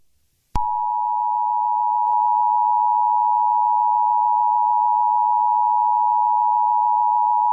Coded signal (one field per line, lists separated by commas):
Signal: Emergency Alert System (SAME) tones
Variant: 853 and 960 Hz attention tone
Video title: Thomas's update EAS